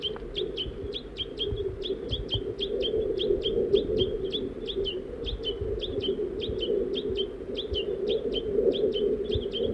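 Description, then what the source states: Crossbill calls, a continuous stream of short sharp chips, about three or four per second, over a steady low hum. Female and juvenile present while feeding; crossbill family in Virginia and Table Mountain pines.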